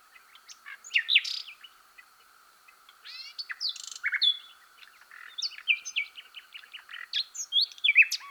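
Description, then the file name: Common nightingale singing varied phrases of sharp chirps, slurred notes and quick rattles, separated by brief pauses. "Luscinia megarhynchos"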